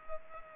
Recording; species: mosquito wingbeat signal from an infrared sensor; Culex pipiens